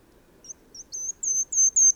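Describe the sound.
Bird song: thin, very high whistled notes, first short and spaced, then longer level notes coming faster and louder toward the end.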